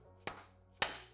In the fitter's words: that's it as soon you hear that click that's done